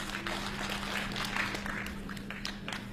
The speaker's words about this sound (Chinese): 再来点掌声！ 这怎么还在要掌呢？ 来点掌声，唱好啊！